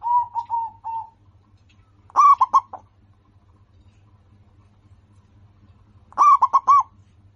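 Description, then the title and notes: Zebra dove song: soft, evenly spaced coos, then two louder rolling phrases of quick notes about four seconds apart. Local-strain bird singing actively, with a voice described as crystal clear and loud. "PERKUTUT LOKAL GACOR Suara KRISTAL LANTANG. Kicau Burung Perkutut"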